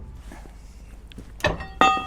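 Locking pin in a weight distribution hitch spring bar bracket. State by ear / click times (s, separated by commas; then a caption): released / 1.8 s. A metal locking pin is grabbed with the left hand and pulled out of a weight distribution hitch spring bar bracket, then let fall to free that spring bar side. After a quiet stretch and a softer knock near 1.5 s, a loud ringing metallic hit lands at 1.8 s. The pin is released.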